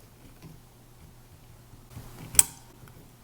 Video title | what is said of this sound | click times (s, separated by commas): Acura RDX Wiper Blade Replacement *DIY* *EASY* | You will hear a click. | 2.4 s